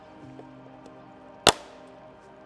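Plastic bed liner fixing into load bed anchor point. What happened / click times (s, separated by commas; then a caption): The plastic clip snapped into its anchor / 1.5 s. A plastic fixing on a 5-piece under-rail bed liner panel is pressed firmly into its anchor point in the load bed of a 2023+ Next-Gen Ford Ranger pickup. Over a quiet background with a faint musical hum, one sharp click sounds at 1.5 s as the fixing seats into the anchor point.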